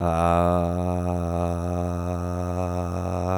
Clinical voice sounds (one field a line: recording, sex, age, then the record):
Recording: sustained vowel /a/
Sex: male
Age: 40 to 49 years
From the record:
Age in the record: 47 years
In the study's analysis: included